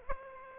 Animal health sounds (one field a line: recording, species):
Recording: mosquito wingbeat signal from an infrared sensor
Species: Aedes aegypti